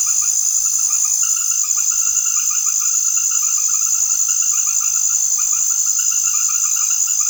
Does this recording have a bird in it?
no